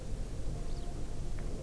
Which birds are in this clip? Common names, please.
Eurasian Skylark